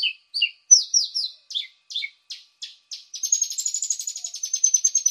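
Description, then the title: Javan bushlark song: spaced, downslurred chirps that speed into a fast, high, rattling trill toward the end. "Branjang"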